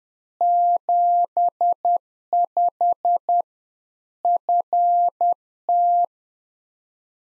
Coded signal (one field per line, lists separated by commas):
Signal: Morse code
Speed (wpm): 10 wpm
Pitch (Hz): 700 Hz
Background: none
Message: 75 FT